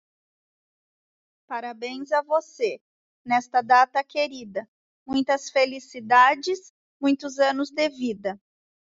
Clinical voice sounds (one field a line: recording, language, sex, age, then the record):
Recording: short text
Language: Brazilian Portuguese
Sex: female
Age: 40 to 49 years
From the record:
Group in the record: control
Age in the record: 46 years